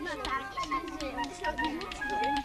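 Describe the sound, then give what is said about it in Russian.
Spoons are clacked together as percussion by many children in a room of a house, making quick, bright clicking taps in an uneven rhythm, mixed with the high voices of several children chattering and calling out. “Они играют на ложках.”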